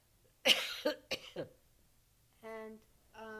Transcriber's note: coughs